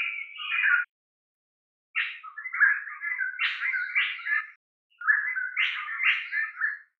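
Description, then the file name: Mayotte drongo giving buzzy, grating notes mixed with nasal chattering phrases, in three bursts separated by short silences. "drongo de mayotte"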